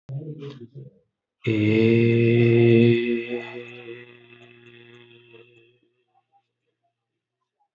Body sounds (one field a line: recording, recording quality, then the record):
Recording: sustained vowel as in made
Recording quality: excellent, no background noise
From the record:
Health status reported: healthy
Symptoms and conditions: none ticked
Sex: male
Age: 54 years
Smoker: not ticked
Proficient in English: yes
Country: India